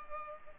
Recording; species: mosquito wingbeat signal from an infrared sensor; Culex pipiens